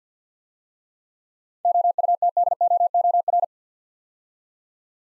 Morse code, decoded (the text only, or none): OUTDOOR